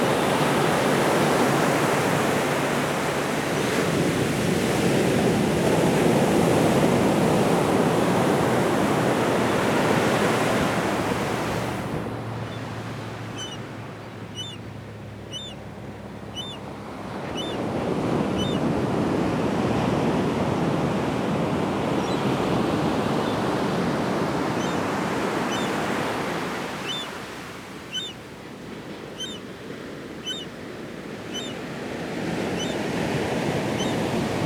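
Surf rolls in on a beach, each wave building into a loud, dense rush that lasts several seconds, then easing back before the next one swells around the middle and again later. In the quieter lulls, faint high bird chirps repeat at a quick, steady pace.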